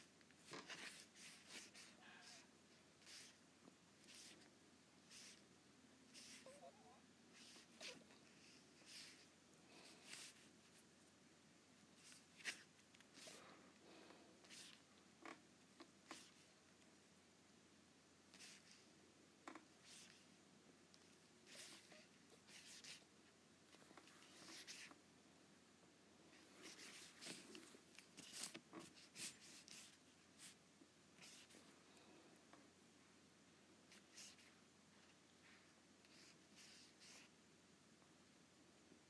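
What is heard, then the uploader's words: An Apple Pencil taps and scratches across an iPad in dense, irregular clicks and short strokes, steady throughout, with a low hum underneath. ASMR Apple Pencil on iPad.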